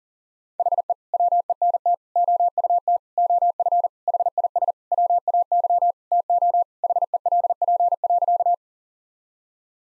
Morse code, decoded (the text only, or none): HE WENT OUT OF HIS WAY TO HELP.